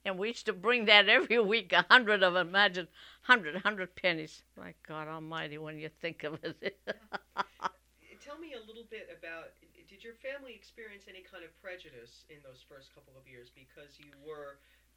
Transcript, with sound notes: And we used to bring that every week, a hundred, imagine, a hundred, a hundred pennies. My God almighty, when you think of it. ( she laughs )
Tell me a little bit about, did your family experience any kind of prejudice in those first couple of years because you were...